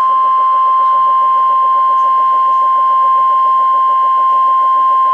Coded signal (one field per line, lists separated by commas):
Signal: Emergency Alert System (SAME) tones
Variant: 1050 Hz attention tone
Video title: NOAA Weather Radio - Double Header - 1/17/16